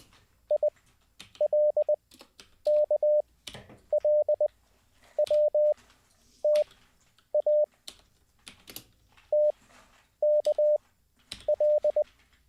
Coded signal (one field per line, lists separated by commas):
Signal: Morse code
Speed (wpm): 20 wpm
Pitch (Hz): 600 Hz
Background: none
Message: ILKLWTA TKL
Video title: How To Learn Morse Code LIVE with N0SSC (Day 4)